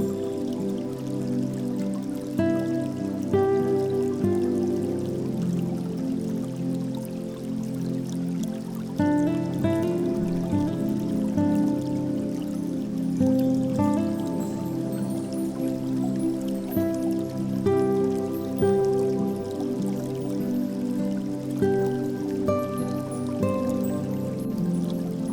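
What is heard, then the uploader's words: Slow relaxing music of long, held tones layered into soft chords, changing roughly every four to five seconds at an even volume. Warm, low-to-middle pitches carry most of the sound, with lighter notes above, and a faint trickling texture sits underneath. Relaxing Music Mix and Nature Sounds.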